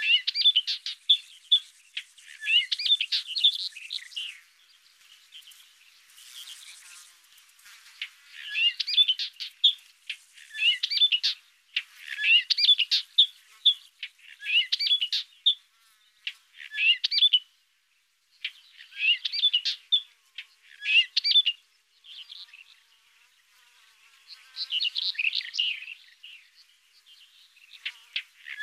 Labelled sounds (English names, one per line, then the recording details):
Upcher's Warbler song
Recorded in the wild
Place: Tahtakaraca-Pass 1788 m (Alexanderpass), UZ
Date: 2001-05-23
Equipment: MiniDisc Sharp MT 20 H
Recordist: Schwarz, Dieter